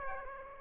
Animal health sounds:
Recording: mosquito wingbeat signal from an infrared sensor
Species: Aedes aegypti

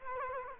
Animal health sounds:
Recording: mosquito wingbeat signal from an infrared sensor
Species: Culex quinquefasciatus

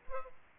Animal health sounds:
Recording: mosquito wingbeat signal from an infrared sensor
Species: Aedes albopictus

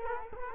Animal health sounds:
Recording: mosquito wingbeat signal from an infrared sensor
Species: Culex quinquefasciatus

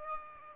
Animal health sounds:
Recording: mosquito wingbeat signal from an infrared sensor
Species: Aedes aegypti

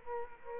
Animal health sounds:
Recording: mosquito wingbeat signal from an infrared sensor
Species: Culex quinquefasciatus

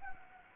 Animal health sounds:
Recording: mosquito wingbeat signal from an infrared sensor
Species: Anopheles gambiae

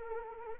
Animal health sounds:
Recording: mosquito wingbeat signal from an infrared sensor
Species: Anopheles arabiensis

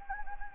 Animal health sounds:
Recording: mosquito wingbeat signal from an infrared sensor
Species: Anopheles gambiae

